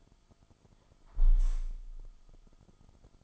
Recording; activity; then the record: daily activity, microphone in the room; close window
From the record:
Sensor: 5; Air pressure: 1004.7 hPa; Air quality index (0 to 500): 83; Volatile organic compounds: 2 ppm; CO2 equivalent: 990 ppm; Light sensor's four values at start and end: 34/79/32/31 and 34/79/32/31